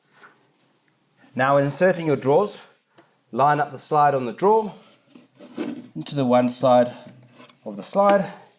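A drawer's slide rail is being lined up with the cabinet slide on one side as someone talks, with only faint handling noise between the words. Nothing has seated or clicked yet; the drawer is not yet pushed home.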